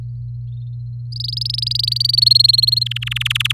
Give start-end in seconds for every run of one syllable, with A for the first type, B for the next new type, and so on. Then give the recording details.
1.12-2.16 A, 2.17-2.83 B, 2.86-3.52 C. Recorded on 4 May 2018 at 09:55. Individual llb16